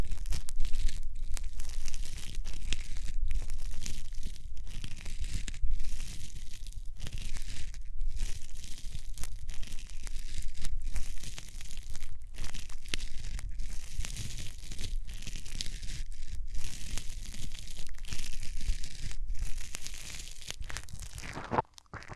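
Hands rub against the ears in steady, dense brushing and crinkling strokes with brief pauses, bright hiss over a low rumble, ending abruptly.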